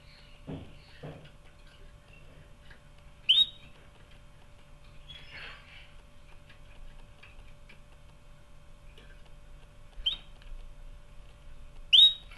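Canary giving a few scattered brief rising chirps separated by pauses, with a couple of soft knocks early on.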